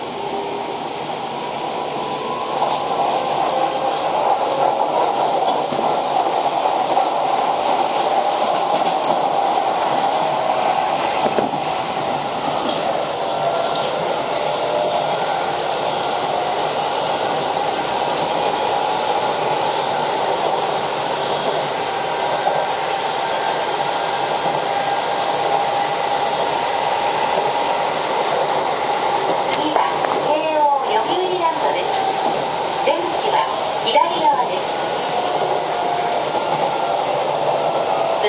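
A Keio 5000 series train runs along with a steady, dense whirring roar that holds a level tone throughout the clip, with a faint high whine riding above it. Around thirty seconds, brief clattering bursts and a short rising sweep break the even drone.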